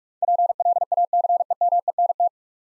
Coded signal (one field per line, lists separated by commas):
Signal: Morse code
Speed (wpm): 47 wpm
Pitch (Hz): 700 Hz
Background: none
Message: PLACEMENT